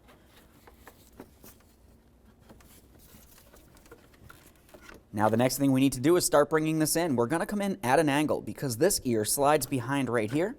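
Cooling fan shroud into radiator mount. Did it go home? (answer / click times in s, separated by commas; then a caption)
no / none. A cooling fan shroud is slid into position on the radiator mount of a 2012-2016 Subaru Impreza, with faint light handling taps around 0.7 to 4.9 s as its lower hole is aligned. From about 5.2 s someone talks. The shroud is only lined up and nothing has seated or clicked yet; it is pressed home later.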